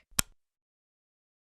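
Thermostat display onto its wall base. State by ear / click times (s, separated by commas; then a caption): seated / 0.2 s. A Nest thermostat display, held with the logo at the top, is pushed onto its wall-mounted base and gives one sharp click at 0.2 s, followed by a brief soft rattle and then silence. The display is seated on the base.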